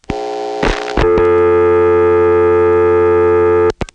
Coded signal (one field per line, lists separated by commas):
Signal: telephone call progress tone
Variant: North America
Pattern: dial tone